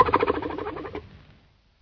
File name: harp seal